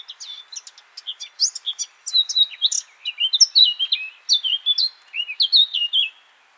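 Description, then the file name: Eurasian blackcap song, a long, fast stream of twittering notes that moves into repeated clear whistled phrases, each sliding down in pitch. "Sylvia atricapilla"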